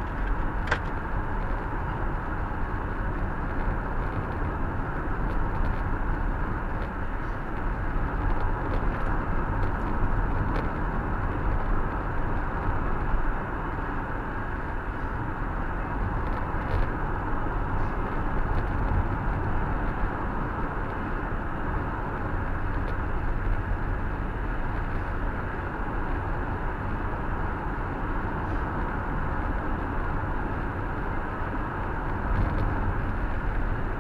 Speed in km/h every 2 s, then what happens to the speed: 87, 87, 88, 87, 87, 88, 88, 88, 89, 89, 88, 88, 88, 89, 89, 90, 89.
0-34 steady at about 88.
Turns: none.